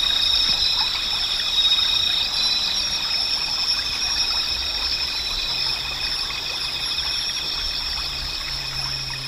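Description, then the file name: Insects singing in a dense, continuous high-pitched chorus, several steady shimmering bands with fast pulsing throughout. "mushinokoi"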